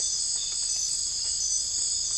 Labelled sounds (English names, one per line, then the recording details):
none
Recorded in secondary vegetation near Puerto Asís, Putumayo, Colombia, on 20 December 2024 at 00:30
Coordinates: 0.484, -76.319
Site GP06